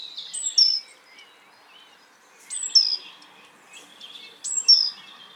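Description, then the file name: Great tit calls: three short bursts of high, sharp notes, each with a thin downslurred whistle over softer chips, spaced about two seconds apart. "Parus major"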